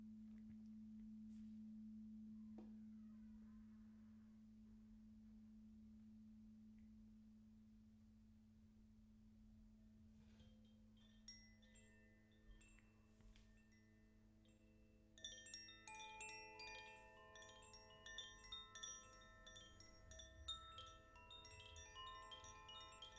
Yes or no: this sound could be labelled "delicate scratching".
no